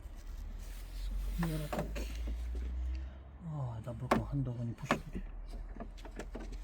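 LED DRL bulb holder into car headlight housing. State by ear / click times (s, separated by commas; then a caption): not seated / none. An LED daytime running light bulb holder is handled and pushed into the headlight housing of a Seat Leon MK3, with someone talking over a low steady hum. A few faint handling knocks come near the end, but the holder has not yet been twisted to lock, and nothing has seated or clicked yet.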